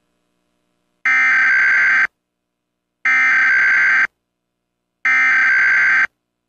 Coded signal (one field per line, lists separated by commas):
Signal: Emergency Alert System (SAME) tones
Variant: header bursts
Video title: DirecTV's Emergency Alert System #1